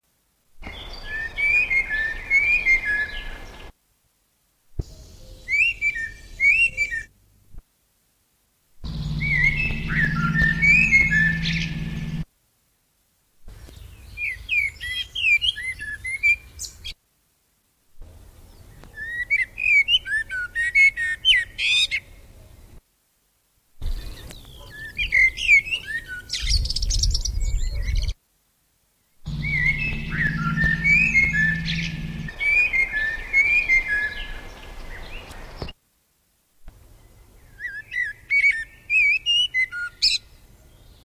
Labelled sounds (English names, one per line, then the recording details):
Common Blackbird song
Common Cuckoo
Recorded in the wild
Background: Cuculus canorus, Canis lupus f. familiaris
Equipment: Überspiel, Halbspur, Telefunken M 85
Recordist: Tretzel, Erwin
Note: Männchen: Gesang. Dialektbildung, Dechsendorfer Motiv (Zusammenstellung)